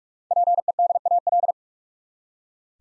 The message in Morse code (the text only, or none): PEDAL